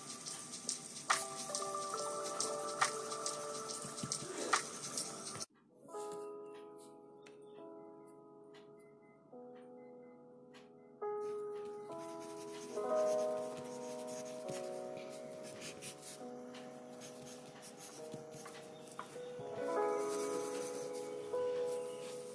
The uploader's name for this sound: Lofi study with me with pencil, page flipping and typing ASMR